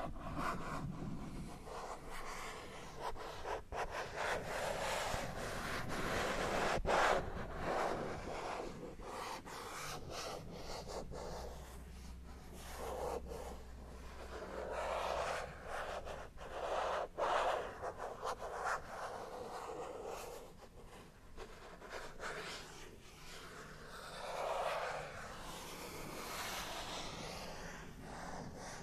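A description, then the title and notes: A matte plastic surface is traced and scratched, a continuous dry rubbing that swells and fades in slow strokes. Sharp scratchy taps cut through at irregular moments throughout, and a low steady hum sits underneath from about eleven to seventeen seconds. Matte Plastic Tracing & Scratchy Tapping (NO TALKING).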